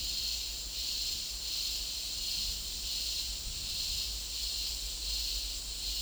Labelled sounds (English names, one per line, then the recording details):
none
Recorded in dense forest near Puerto Asís, Putumayo, Colombia, on 4 March 2025 at 15:00
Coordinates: 0.499, -76.324
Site GP03